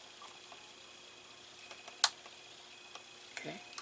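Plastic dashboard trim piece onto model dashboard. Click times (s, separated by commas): 2.0 s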